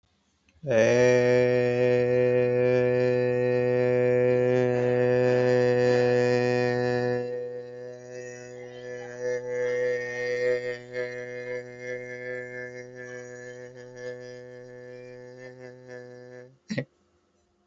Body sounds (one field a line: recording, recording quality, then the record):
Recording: sustained vowel as in made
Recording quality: excellent, no background noise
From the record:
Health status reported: healthy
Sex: male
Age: 25 years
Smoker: no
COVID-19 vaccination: one dose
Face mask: not worn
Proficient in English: yes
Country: India